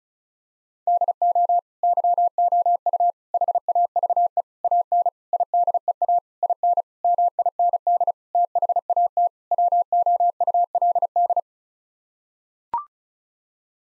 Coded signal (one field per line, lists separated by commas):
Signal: Morse code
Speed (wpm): 36 wpm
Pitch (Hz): 700 Hz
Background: none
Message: DO YOU HAVE AN IDEA IN MIND THAT WOULD